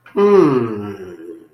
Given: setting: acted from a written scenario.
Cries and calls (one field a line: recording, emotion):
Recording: vocal sound without words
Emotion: positive surprise